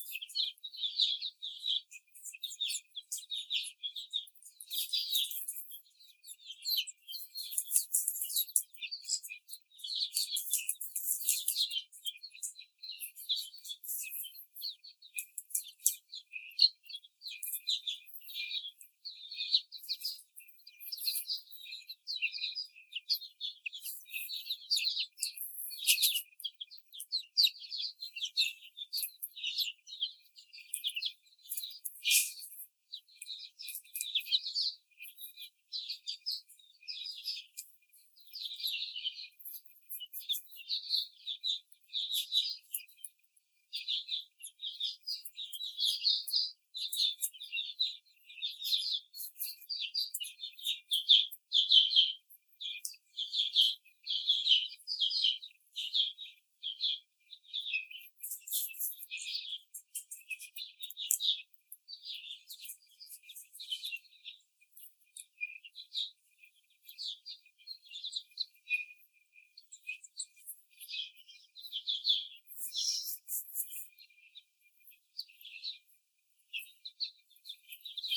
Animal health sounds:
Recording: young laying hens in a cage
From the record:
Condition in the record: after the stressor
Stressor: simulated dog barking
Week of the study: 4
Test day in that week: 2

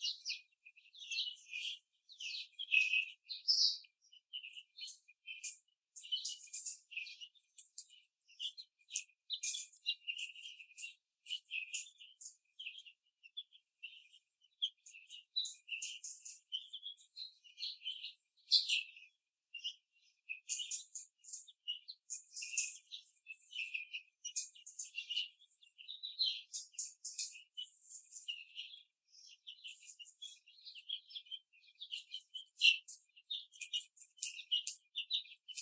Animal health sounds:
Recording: young laying hens in a cage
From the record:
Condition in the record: after the stressor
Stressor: simulated dog barking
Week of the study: 3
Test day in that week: 1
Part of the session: 3

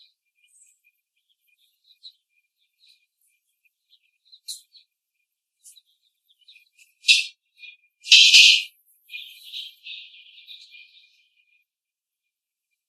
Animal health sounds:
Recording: young laying hens in a cage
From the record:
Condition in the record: before the stressor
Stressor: simulated dog barking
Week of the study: 1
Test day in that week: 2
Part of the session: 4

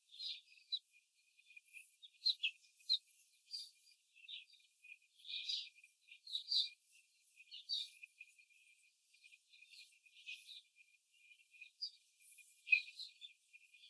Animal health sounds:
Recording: young laying hens in a cage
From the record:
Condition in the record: control cage, after the stress test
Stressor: none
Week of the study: 4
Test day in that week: 1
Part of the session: 4

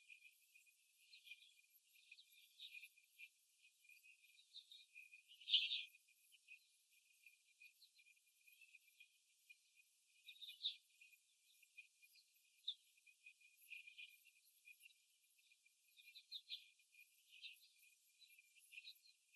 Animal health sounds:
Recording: young laying hens in a cage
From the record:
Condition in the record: after the stressor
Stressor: simulated dog barking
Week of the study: 3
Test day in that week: 2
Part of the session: 4

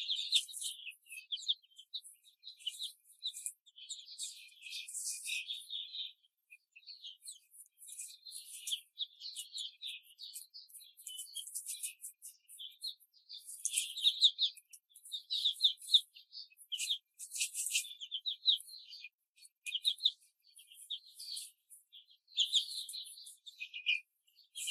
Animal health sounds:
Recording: young laying hens in a cage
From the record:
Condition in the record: control cage, before the stress test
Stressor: none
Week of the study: 4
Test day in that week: 3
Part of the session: 1

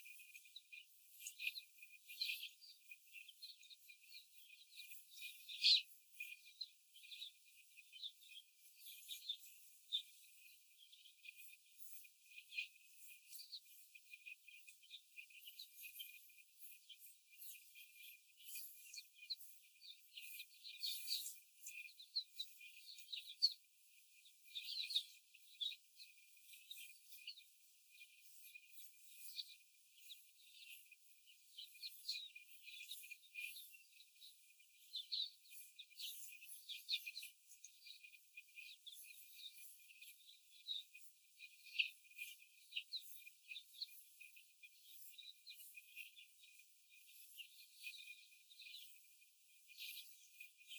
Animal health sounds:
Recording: young laying hens in a cage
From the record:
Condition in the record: before the stressor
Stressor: simulated dog barking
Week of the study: 4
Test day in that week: 1

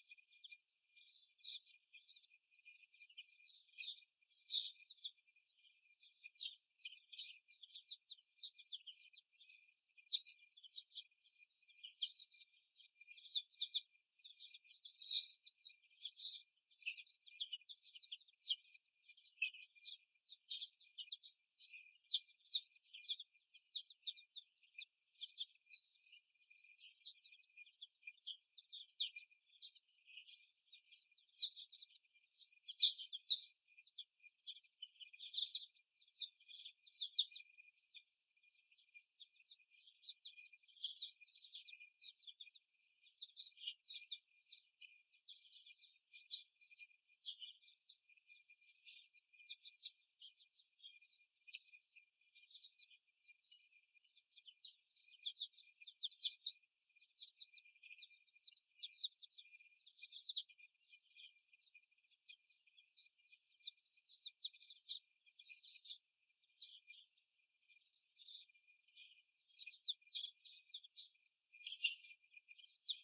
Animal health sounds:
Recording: young laying hens in a cage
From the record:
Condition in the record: after the stressor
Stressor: simulated dog barking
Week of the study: 1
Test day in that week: 1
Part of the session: 1

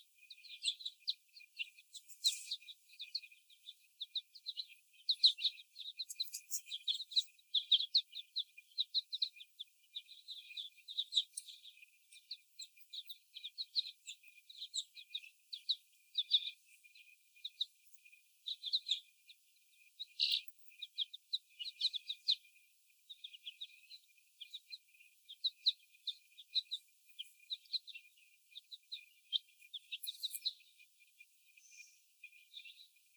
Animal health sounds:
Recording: young laying hens in a cage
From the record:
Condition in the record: before the stressor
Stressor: sudden umbrella opening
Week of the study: 1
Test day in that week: 1

